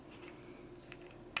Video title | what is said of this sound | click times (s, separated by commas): ClicKeez Clickable Collectables Fidget Toys Unboxing & Review | clips into place there. That isn't meant to come off. | 1.4 s